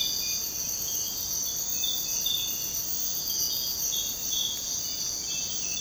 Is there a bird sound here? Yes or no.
no